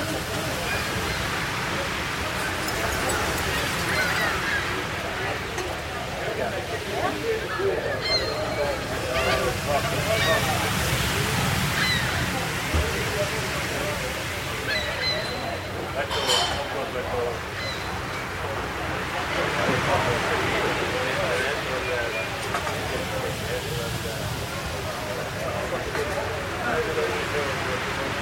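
Steady café murmur of overlapping voices and clinking dishes fills the room, with a soft low rush of ocean waves underneath throughout.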